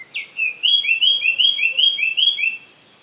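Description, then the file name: Eurasian blackcap giving one phrase of about eight rising, slurred whistles in quick, even succession, lasting roughly two seconds before stopping. "Sylvia atricapilla"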